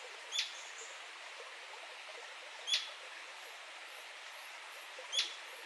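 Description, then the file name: Atlantic royal flycatcher giving sharp, clipped single notes with a high ringing edge, three calls spaced about two and a half seconds apart over steady soft hiss. "Canto do maria leque do sudeste"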